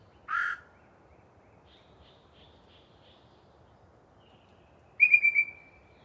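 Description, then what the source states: Yellow-breasted chat song: one rough chack, a few quiet notes, then a fast series of piping notes that trails off. Long pre-dawn singing session by one particularly chatty bird in deciduous cover.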